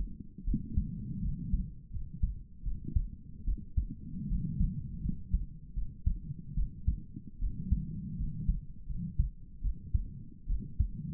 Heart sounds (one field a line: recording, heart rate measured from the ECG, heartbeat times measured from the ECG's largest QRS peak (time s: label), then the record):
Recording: heart sounds by stethoscope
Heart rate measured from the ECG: 78 bpm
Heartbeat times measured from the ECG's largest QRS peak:
0.46 s: heartbeat
1.22 s: heartbeat
1.92 s: heartbeat
2.64 s: heartbeat
3.46 s: heartbeat
4.28 s: heartbeat
5.02 s: heartbeat
5.75 s: heartbeat
6.56 s: heartbeat
7.40 s: heartbeat
8.17 s: heartbeat
8.88 s: heartbeat
9.63 s: heartbeat
10.48 s: heartbeat
From the record:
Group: healthy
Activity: rest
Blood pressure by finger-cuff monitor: 116/54 mmHg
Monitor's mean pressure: 76 mmHg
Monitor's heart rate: 78 bpm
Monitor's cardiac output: 8.2 L/min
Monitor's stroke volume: 106 mL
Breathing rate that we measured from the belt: 18 breaths a minute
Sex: female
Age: 22 years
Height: 160 cm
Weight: 63 kg